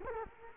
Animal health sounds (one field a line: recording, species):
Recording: mosquito wingbeat signal from an infrared sensor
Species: Culex quinquefasciatus